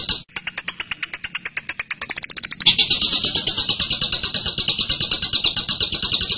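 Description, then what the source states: Bird song: a series of sharp ticking notes accelerating into a sustained fast, high buzzy chatter. Masteran birdsong recording used to teach other birds.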